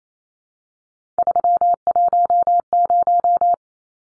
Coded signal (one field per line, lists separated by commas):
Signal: Morse code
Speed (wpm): 28 wpm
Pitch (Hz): 700 Hz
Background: none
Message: 310